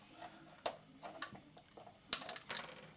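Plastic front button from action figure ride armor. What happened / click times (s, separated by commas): The small plastic button snapped free / 2.1 s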